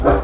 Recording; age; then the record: pig call; growing-finishing pig (85 days or more)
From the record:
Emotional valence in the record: positive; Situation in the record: run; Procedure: transit